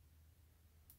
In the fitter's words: hard to see but it'll snap in place alright so now it's snapped in place